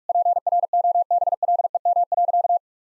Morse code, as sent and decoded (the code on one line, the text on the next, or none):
.--. .-. --- -... .-.. . -- .-.-.-
PROBLEM.